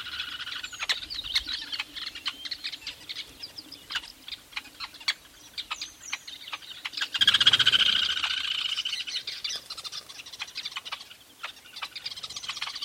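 Busy weaver colony chatter: dense, rapid bright chirps and clicks throughout, with a louder burst of trilling around the middle.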